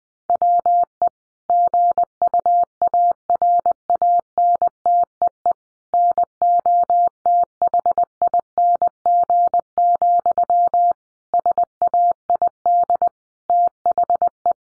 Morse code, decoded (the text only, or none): WE GUARANTEE NOTHING, SAID THE